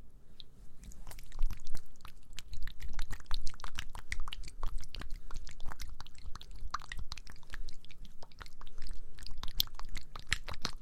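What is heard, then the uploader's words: ASMR mouth sounds: dense, irregular wet clicks and crunchy snaps fire rapidly throughout, over a soft low rumble, with no pauses. ASMR Mouth Sounds Ear Cleaning.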